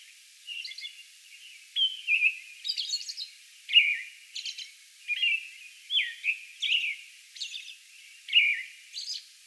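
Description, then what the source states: American robin singing a bout of short caroling phrases, each falling or warbled, mixed with thin high squeaky notes. Song bout, recorded on May 11.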